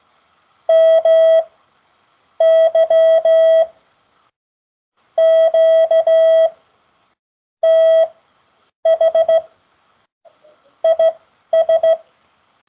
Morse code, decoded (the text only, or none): MY QTH IS